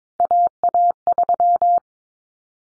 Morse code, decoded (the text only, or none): AA3